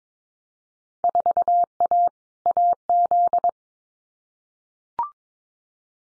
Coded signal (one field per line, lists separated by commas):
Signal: Morse code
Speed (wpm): 22 wpm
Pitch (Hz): 700 Hz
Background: none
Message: 4A AZ